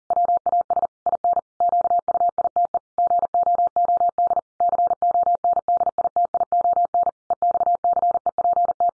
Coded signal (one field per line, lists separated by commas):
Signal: Morse code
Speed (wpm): 40 wpm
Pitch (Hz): 700 Hz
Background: none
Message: WAS IN QUITE GOOD CONDITION EXCEPT